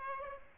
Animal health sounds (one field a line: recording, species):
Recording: mosquito wingbeat signal from an infrared sensor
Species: Aedes aegypti